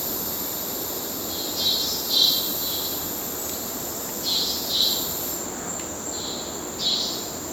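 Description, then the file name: Insect chorus with cicadas, an unbroken high whine with several buzzy surges, some in pairs, over a low hiss. Amazon rainforest ambience with cicadas and other insects, river in the background. "felix blume nature amazon rainforest ambience cicada insects river in background"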